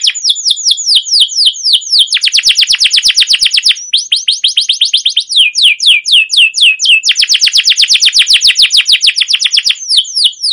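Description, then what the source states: Canary song: long rolling trills of rapid repeated high notes, alternating slower descending whistled slurs with fast dense buzzy rolls, continuous throughout. Canary with a long rolling 'ngerol' gacor song and 'cuit cuit' notes, used as a lure and master song to train or provoke other canaries to sing.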